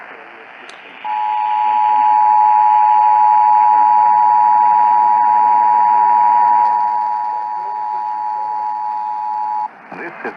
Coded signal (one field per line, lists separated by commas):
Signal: Emergency Alert System (SAME) tones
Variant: 853 and 960 Hz attention tone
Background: speech